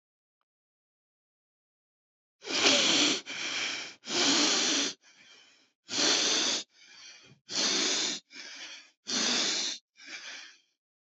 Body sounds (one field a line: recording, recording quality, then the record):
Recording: shallow breathing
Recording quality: excellent, no background noise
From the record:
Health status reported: healthy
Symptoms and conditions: none ticked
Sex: male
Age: 27 years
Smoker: not ticked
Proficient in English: yes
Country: India